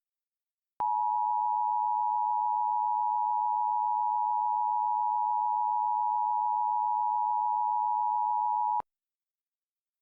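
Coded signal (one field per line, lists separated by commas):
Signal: Emergency Alert System (SAME) tones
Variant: 853 and 960 Hz attention tone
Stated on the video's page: Fictional EAS scenario using valid EAS tones.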